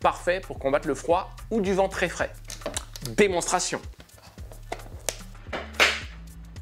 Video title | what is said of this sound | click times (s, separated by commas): Ils ont fait 2 nouveaux casques ! | ces caches-oreilles ils viennent se clipser sur les côtés et à l'intérieur on a un petit tissu polaire | 5.1 s